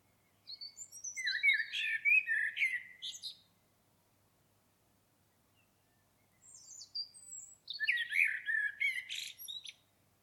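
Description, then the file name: Common blackbird song: two fluty warbled phrases, each sliding through low whistled notes and ending in high scratchy twitters, separated by about three seconds of quiet. "Turdus merula"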